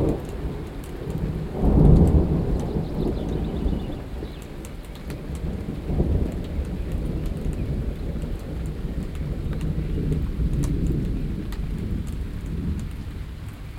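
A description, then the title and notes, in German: Thunder rolls through a steady wash of rain, with a loud low rumble peaking around two seconds and another swell near six seconds before it settles into a continuous murmur. Light crackles and ticks of rain are scattered throughout, and the rumbling gradually thins toward the end. Gewitterstimmung. Ich sitze gerade auf dem Balkon. Es donnert.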